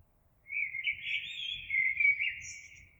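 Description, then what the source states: Eurasian blackbird song: one mellow, fluty warbled phrase that ends in a brief thin, high twitter, over faint low background rumble. Recorded 26 April 2022.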